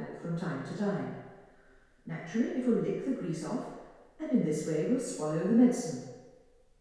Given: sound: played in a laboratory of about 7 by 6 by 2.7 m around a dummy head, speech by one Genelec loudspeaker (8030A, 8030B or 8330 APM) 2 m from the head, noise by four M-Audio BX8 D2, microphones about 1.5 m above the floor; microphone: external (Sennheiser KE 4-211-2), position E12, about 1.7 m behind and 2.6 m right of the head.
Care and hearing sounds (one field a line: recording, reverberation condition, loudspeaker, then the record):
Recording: female speech in English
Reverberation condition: high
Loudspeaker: 150 degrees to the left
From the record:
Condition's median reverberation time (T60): about 1300 ms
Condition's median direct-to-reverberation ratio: about -4.0 dB